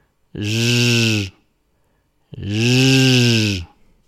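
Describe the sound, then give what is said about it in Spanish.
A voice demonstrates the French sound used in place of the Spanish J, producing two long, raspy, vibrating guttural sounds from the throat, each lasting about a second with a steady buzzing, drill-like quality, separated by a short silence. “Suena como un taladro. Este es un sonido que vibra en la garganta.”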